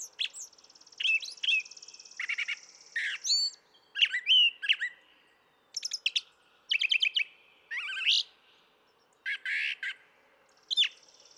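Brown thrasher song: a long run of varied chirpy, buzzy and whistled phrases, many given twice in quick succession, with brief pauses between them.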